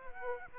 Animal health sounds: mosquito wingbeat signal from an infrared sensor; Aedes aegypti

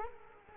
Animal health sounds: mosquito wingbeat signal from an infrared sensor; Culex quinquefasciatus

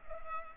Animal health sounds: mosquito wingbeat signal from an infrared sensor; Culex pipiens

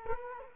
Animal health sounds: mosquito wingbeat signal from an infrared sensor; Culex quinquefasciatus

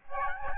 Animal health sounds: mosquito wingbeat signal from an infrared sensor; Aedes albopictus

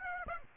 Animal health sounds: mosquito wingbeat signal from an infrared sensor; Aedes aegypti

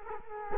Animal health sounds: mosquito wingbeat signal from an infrared sensor; Culex quinquefasciatus

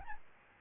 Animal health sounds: mosquito wingbeat signal from an infrared sensor; Aedes albopictus

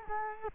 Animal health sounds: mosquito wingbeat signal from an infrared sensor; Culex quinquefasciatus

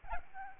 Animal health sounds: mosquito wingbeat signal from an infrared sensor; Aedes albopictus

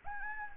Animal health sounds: mosquito wingbeat signal from an infrared sensor; Anopheles gambiae

